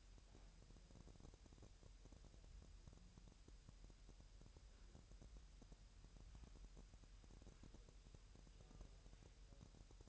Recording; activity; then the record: daily activity, microphone in the room; wipe stove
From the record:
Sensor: 2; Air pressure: 1000.8 hPa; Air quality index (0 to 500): 249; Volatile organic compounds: 100 ppm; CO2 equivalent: 3754 ppm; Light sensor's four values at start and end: 10/23/10/10 and 10/23/10/10